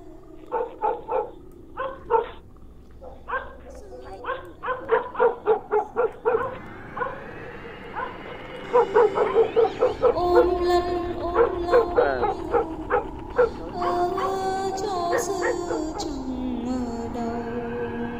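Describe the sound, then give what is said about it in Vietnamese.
Several village dogs bark loudly in repeated bursts amid rain and wind as a woman passes through the village, sharp yaps overlapping into a continuous, excited chorus with occasional whining and higher yelps, no talking. “Cô đi đến đâu thì chó ở trong làng cứ sủa lên ông ổng.”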